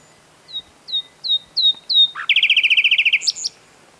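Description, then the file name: Common nightingale song: five slow, spaced, down-slurred whistles, then a sudden loud, fast, even trill of about a dozen notes, closing with a brief higher flourish. "Luscinia megarhynchos"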